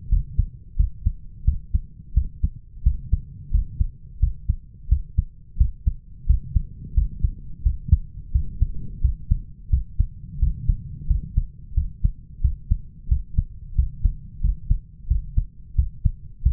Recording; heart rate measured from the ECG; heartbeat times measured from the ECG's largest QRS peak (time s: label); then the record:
heart sounds by stethoscope; 88 bpm
0.11 s: heartbeat
0.78 s: heartbeat
1.46 s: heartbeat
2.16 s: heartbeat
2.85 s: heartbeat
3.53 s: heartbeat
4.22 s: heartbeat
4.90 s: heartbeat
5.59 s: heartbeat
6.28 s: heartbeat
6.96 s: heartbeat
7.65 s: heartbeat
8.34 s: heartbeat
9.03 s: heartbeat
9.72 s: heartbeat
10.41 s: heartbeat
11.09 s: heartbeat
11.76 s: heartbeat
12.43 s: heartbeat
13.10 s: heartbeat
13.77 s: heartbeat
14.43 s: heartbeat
15.10 s: heartbeat
15.77 s: heartbeat
16.45 s: heartbeat
From the record:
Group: healthy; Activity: rest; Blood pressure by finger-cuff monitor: 147/96 mmHg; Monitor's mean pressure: 111 mmHg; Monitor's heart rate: 88 bpm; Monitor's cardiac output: 6.8 L/min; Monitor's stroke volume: 77 mL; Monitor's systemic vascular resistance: 1220 dyn s/cm5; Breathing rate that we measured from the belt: 17 breaths a minute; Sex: male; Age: 21 years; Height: 175 cm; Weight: 72.6 kg